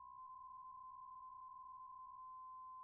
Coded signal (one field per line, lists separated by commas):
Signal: PSK63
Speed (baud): 62.5 baud